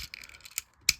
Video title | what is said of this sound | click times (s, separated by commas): Transformers Review #3 - Power of the Primes Legends Outback | I'm going to push it up so it kind of like slots and kind of soft clicks into place. | 0.9 s